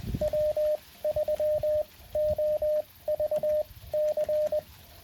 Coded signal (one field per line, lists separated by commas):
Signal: Morse code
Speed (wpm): 20 wpm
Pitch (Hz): 590 Hz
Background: radio noise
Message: W3OVC